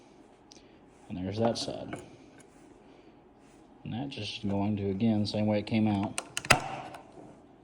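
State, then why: Seated. A new paper oil filter element for a 1999-2005 Oldsmobile Alero / Pontiac Grand Am 2.2L 4-cylinder is pushed into the plastic filter housing cap the same way the old one came out, while someone talks. It snaps in with a sharp double pop at 6.5 and 6.5 seconds (6.45 s and 6.51 s), and the element is seated in the cap.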